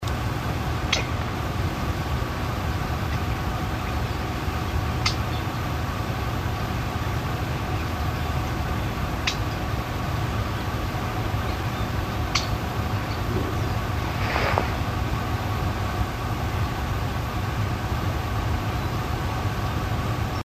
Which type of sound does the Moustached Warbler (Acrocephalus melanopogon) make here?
call